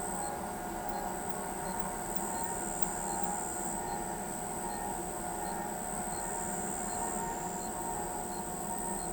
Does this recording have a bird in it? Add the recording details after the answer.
no. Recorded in pastures near Pivijay, Magdalena, Colombia, on 15 April 2023 at 22:00. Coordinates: 10.456, -74.369. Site P6-G026